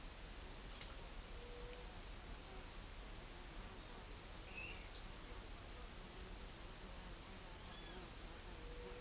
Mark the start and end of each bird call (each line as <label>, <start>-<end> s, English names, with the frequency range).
White-tipped Dove (0.3-0.8 kHz), 1.37-1.86 s
Pale-eyed Pygmy Tyrant (2.0-5.8 kHz), 4.46-4.85 s